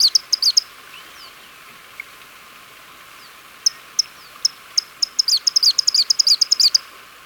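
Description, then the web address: Andean tit-spinetail calls: scattered high, sharp notes that quicken into a dense, jittery run near the end. Recorded in Ecuador. "Birds of Ecuador. Andean Tit-Spinetail"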